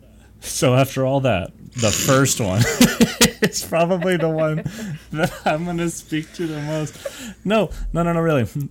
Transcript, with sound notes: So, after all that, the first one (laughs) it's probably the one that I'm gonna speak to the most. No, no, no, really.